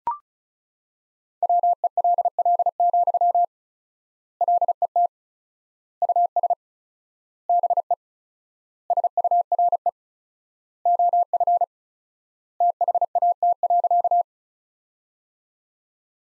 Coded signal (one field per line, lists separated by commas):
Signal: Morse code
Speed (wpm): 36 wpm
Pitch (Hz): 700 Hz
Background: none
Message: WELL, LET US BE SURE OF THAT.